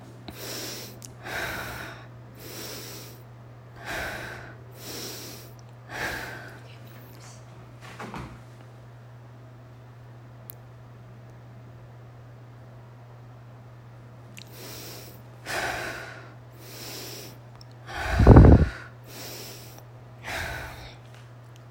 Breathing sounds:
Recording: deep breathing after running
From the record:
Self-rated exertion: light exertion (2 of 6)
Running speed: 6 miles an hour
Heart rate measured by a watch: 105 beats a minute at the start, 104 at the end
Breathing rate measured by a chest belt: 18 breaths a minute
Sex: female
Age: 30 years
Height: 160 cm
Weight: 51 kg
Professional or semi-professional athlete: no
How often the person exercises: 3 to 5 times a week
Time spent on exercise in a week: over 5 hours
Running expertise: no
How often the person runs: 3 to 5 times a week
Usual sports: running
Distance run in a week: 60 km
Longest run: 42 km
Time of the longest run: 267 minutes

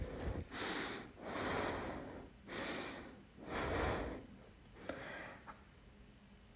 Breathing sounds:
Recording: deep breathing after running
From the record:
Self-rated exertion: light exertion (2 of 6)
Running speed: 5 miles an hour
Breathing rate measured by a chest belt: 23 breaths a minute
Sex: female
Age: 18 years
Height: 162 cm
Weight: 62 kg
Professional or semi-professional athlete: no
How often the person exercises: 1 to 2 times a week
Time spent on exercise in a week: under 1 hour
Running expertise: no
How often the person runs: under once a week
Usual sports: walking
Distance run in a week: 2 km

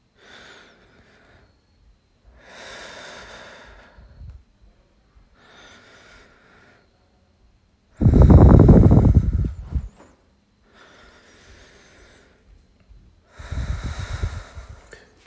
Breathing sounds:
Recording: deep breathing after running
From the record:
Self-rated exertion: light exertion (2 of 6)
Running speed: 7 miles an hour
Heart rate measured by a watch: 96 beats a minute at the start, 112 at the end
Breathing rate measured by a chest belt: 17 breaths a minute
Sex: male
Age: 23 years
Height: 172 cm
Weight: 64 kg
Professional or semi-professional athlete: yes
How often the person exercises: 3 to 5 times a week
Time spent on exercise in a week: 2 to 3 hours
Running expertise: no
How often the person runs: 1 to 2 times a week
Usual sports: running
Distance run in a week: 15 km

